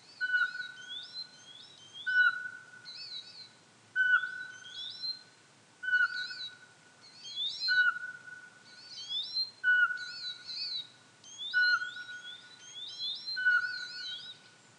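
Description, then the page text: Eurasian pygmy owl giving single whistled hoots, one every two seconds or so, eight in all, over busy chattering and warbling from songbirds. "Jelmer Poelstra - Воробьиный сычик (Glaucidium passerinum)"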